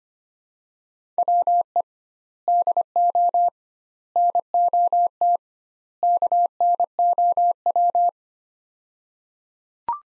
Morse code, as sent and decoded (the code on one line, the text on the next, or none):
.-- . / -.. --- / -. --- - / -.- -. --- .--
WE DO NOT KNOW